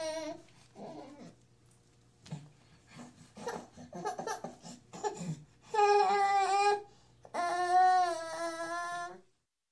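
Soft infant fussing and babbling sounds build into two sustained, high-pitched wailing cries, each lasting about a second and a half, with a brief gasp between. An ordinary human baby cry.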